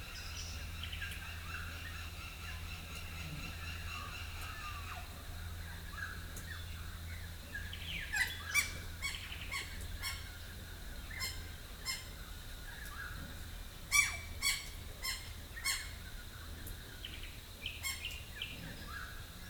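A dawn chorus in the tiny town of Rathdowney, Queensland: overlapping bird calls and squawks, with sharp clicks and chirps becoming more frequent after about eight seconds. A steady low hum sits underneath throughout, and a sustained high tone runs across much of the clip.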